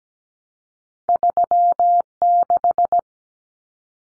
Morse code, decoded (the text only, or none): 36